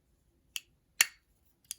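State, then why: Seated. A Chris Reeve Sebenza 21 folding knife blade is flicked open: its tang passes the detent ball with a sharp, bright click at 0.6 s, then the titanium frame lock engages with a louder click at 1.0 s, locking the blade open. A fainter short click follows near 1.7 s.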